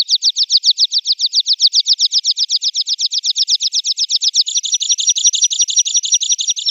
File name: Konek gornyy